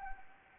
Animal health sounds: mosquito wingbeat signal from an infrared sensor; Anopheles arabiensis

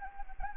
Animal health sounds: mosquito wingbeat signal from an infrared sensor; Anopheles gambiae

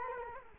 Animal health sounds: mosquito wingbeat signal from an infrared sensor; Culex quinquefasciatus

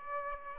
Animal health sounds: mosquito wingbeat signal from an infrared sensor; Aedes aegypti

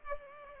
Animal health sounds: mosquito wingbeat signal from an infrared sensor; Culex pipiens

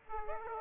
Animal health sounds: mosquito wingbeat signal from an infrared sensor; Aedes aegypti

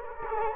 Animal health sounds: mosquito wingbeat signal from an infrared sensor; Culex quinquefasciatus

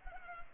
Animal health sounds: mosquito wingbeat signal from an infrared sensor; Culex pipiens

